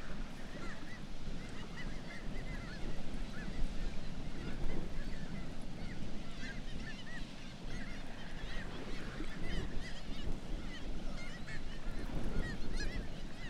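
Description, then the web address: Kittiwake calls from many birds, dense chorus of short nasal wailing notes rising and falling without pause, set against a constant low rushing noise. "Black legged kittiwake. صدای-پرنده-کاکایی-پاسیاه"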